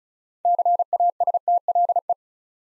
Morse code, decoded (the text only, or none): CASTLE